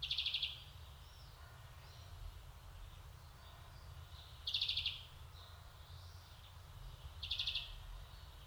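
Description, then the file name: European greenfinch giving quick rattling trill calls, three bursts a few seconds apart, over a faint low hum. "Chloris chloris"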